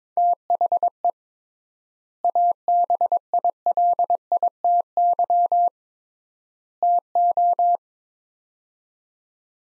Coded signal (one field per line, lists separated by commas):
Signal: Morse code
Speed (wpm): 21 wpm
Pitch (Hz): 700 Hz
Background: none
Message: THE ABILITY TO